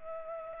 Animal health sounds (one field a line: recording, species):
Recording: mosquito wingbeat signal from an infrared sensor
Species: Culex pipiens